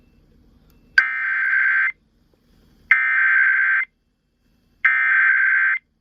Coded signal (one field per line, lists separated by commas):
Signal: Emergency Alert System (SAME) tones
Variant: header bursts